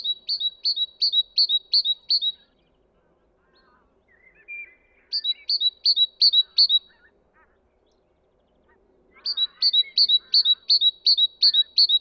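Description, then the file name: Great tit repeating a clear high two-note phrase in three runs of several phrases each, with quiet scratchy bird notes in the gaps. "Parus major"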